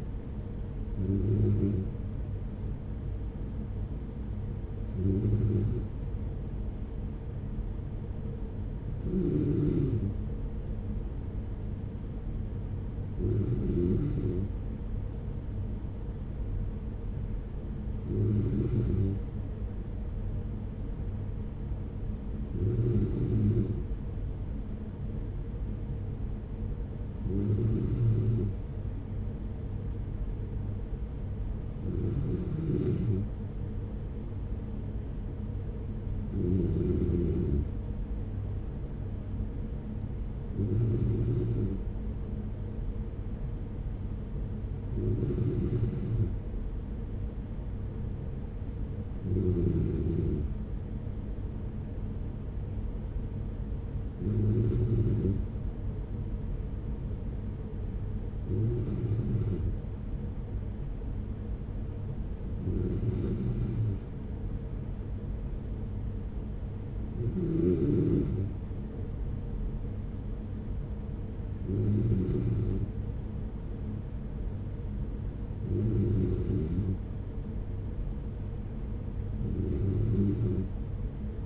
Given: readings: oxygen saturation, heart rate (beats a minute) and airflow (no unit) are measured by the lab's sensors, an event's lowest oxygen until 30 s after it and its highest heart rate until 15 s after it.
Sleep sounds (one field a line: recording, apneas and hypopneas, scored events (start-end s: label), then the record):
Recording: breathing in sleep by a smartphone at the bedside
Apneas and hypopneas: none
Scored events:
none scored
From the record:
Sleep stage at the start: N3 (deep sleep)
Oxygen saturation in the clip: 94 to 95%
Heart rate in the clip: 43 to 47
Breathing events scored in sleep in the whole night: 210 in 6.9 hours asleep